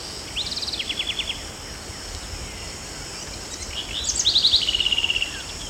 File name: Troglodytes aedon - House Wren